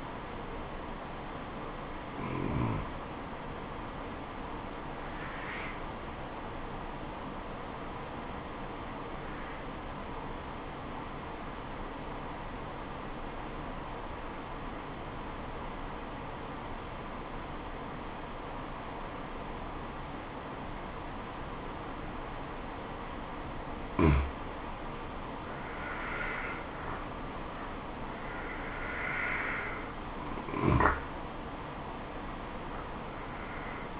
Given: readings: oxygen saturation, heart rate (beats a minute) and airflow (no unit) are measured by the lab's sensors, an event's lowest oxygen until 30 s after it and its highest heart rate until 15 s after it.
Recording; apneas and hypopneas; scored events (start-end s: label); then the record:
breathing in sleep by a voice recorder at the bedside; 1
6.00-26.20 s: obstructive apnea (N1, oxygen 96% highest, then 89% lowest, heart rate 74 at the start, 75 highest)
From the record:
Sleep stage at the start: N1 (lightest sleep); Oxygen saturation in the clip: 91 to 97%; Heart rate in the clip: 66 to 75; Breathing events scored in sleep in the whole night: 426 in 7.4 hours asleep